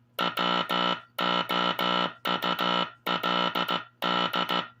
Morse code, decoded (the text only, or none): WOULD